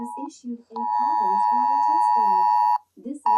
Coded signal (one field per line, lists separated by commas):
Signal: Emergency Alert System (SAME) tones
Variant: 853 and 960 Hz attention tone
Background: speech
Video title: Emergency Alert System